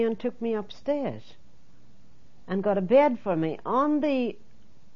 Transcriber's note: none